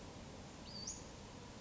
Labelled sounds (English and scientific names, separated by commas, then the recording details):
Western Flycatcher (Empidonax difficilis)
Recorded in Sonoma County, California